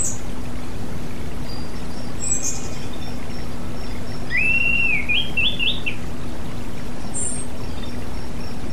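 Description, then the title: Oriental magpie-robin singing one rising, wavering whistled phrase midway, framed by faint high-pitched notes over a constant low hum. "Kicau Kacer"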